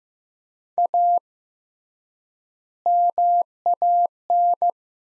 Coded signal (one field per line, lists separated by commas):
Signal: Morse code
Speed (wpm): 15 wpm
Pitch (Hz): 700 Hz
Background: none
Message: A MAN